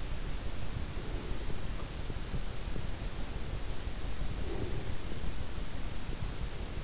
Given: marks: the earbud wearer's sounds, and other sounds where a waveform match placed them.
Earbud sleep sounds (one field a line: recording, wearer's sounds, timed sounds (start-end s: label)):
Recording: sounds in sleep by an in-ear microphone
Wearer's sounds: breath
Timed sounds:
0.79-1.84 s: breath
4.22-5.27 s: breath